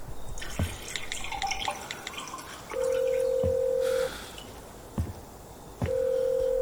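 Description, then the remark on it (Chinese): Telephone tones on a call: two long, steady mid-pitched beeps separated by a pause, with a few sharp clicks and soft drips scattered through an otherwise quiet background. “还得打电话谢谢周老师。”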